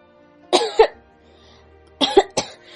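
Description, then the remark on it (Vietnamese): Two short, light coughs separated by a brief pause, each a soft double burst of breathy, throaty noise, with no talking around them. “Ho nhẹ một tiếng mở miệng nói.”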